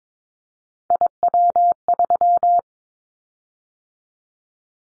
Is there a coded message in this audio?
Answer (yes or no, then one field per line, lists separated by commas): yes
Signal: Morse code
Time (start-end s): 0.9-2.6 s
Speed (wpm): 22 wpm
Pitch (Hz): 700 Hz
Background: none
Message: IW3